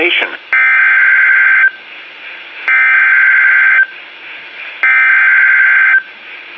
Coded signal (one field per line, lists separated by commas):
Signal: Emergency Alert System (SAME) tones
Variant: header bursts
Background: speech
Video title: Severe Weather Statement (EAS #40)